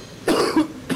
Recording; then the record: coughing mixed with background sound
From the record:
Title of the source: Coughing 77